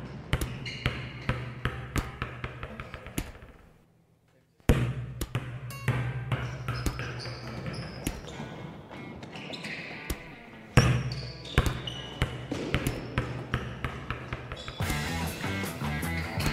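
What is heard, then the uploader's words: Volleyball hits and bounces sound as sharp repeated thuds over a low steady hum, with a brief silence near four seconds and brighter clatter toward the end. Volleyball spikes + bounce.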